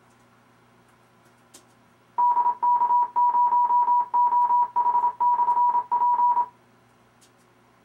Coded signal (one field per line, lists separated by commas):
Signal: Morse code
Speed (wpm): 25 wpm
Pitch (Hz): 970 Hz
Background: none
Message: DK0OH/P